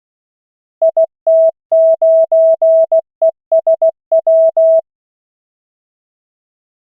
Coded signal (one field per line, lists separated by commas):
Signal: Morse code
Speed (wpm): 16 wpm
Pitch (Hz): 650 Hz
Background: none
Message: IT9ESW